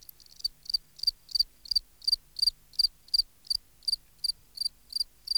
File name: Gryllus campestris